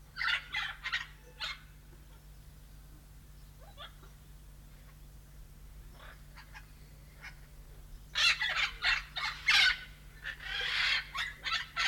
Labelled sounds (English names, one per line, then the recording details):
Red-fronted Macaw
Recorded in captivity
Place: Zoo Magdeburg, Sachsen-Anhalt, DE
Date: 1995-04-05
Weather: heiter, 8°C
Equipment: Marantz CP 430, Sennheiser ME 80, Kopie Uher Variocord 263
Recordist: Tembrock, Günter
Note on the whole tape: Laute in Gruppe. Entfernung: ca. 5 - 7 m